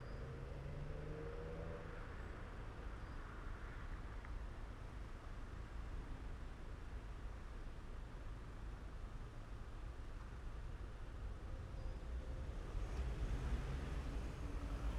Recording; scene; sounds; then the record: everyday scene through a hearing-aid microphone; in traffic; traffic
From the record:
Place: main city hub, rush hour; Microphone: behind the ear, left, front